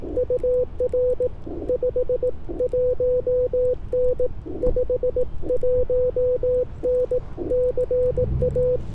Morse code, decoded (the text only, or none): UR 51N 51N CA